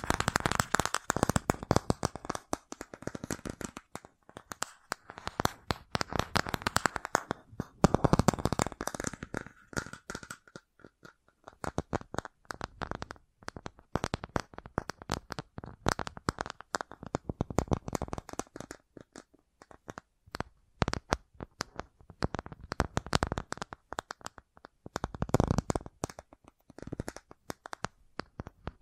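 Fast, irregular tapping with dense clicky bursts, busiest in the first ten seconds, then sparser rapid taps with brief pauses throughout.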